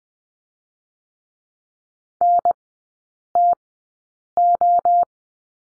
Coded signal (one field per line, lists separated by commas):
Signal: Morse code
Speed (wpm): 20 wpm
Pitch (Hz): 700 Hz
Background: none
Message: NTO